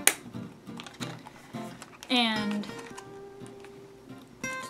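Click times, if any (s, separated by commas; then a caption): 0.1 s. After a film pack is loaded, the plastic film door on the front of an instant camera is pushed closed and latches with a loud, sharp snap at 0.1 s, so the door is seated shut. Quieter clicks follow while someone talks.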